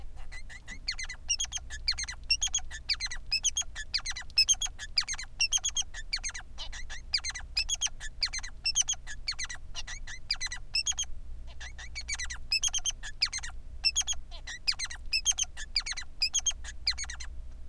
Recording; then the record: song of a male Bengalese finch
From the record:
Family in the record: son of father 3